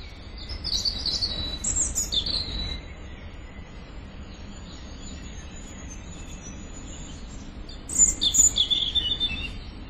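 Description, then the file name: European robin song, an opening burst of high trilled warbles, quiet middle, then a second high whistled phrase near the end. "Erithacus rubecula"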